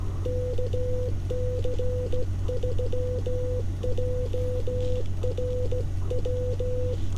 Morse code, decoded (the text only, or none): KC3JRW